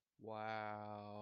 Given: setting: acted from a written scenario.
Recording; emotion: vocal sound without words; awe